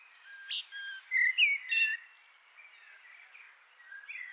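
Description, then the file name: Eurasian blackbird singing a run of mellow whistled notes that rise and fall, closing with thin squeaky twitters, over a soft background hiss. "Turdus merula"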